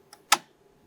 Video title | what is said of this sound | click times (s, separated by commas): Maxing Out a 10-YEAR-OLD "Trash Can" Mac Pro | Oh, wait, let's hear the snap. Yep. | 0.3 s